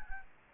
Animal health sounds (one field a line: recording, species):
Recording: mosquito wingbeat signal from an infrared sensor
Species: Anopheles gambiae